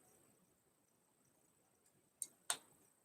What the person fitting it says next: See, it's very subtle, but it's a click, and they're in there.